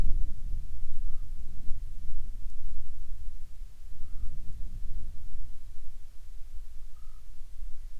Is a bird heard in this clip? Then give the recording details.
yes. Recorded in the Prudhoe Bay oil fields, Alaska, on 10 July 2019 at 13:55. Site 14